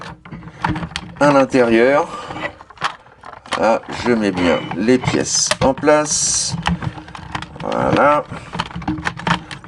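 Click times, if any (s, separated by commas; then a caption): 9.1 s. Someone talks while plastic parts of a Vincordor Warrior Fire in the Sky transforming robot figure, an oversized knock-off of the Siege Jetfire, are pushed together into the figure body, with small plastic clicks and handling taps throughout. A sharp locking click at 9.1 s marks the parts seating firmly into place.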